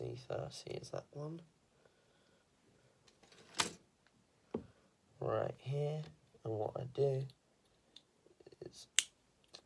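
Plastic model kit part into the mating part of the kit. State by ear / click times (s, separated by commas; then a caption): seated / 9.0 s. A plastic Gundam model kit part, part C30, is pressed into the mating part of the kit while someone talks. After a few faint handling ticks, a sharp, loud click at 9.0 seconds shows the part has clipped in and seated.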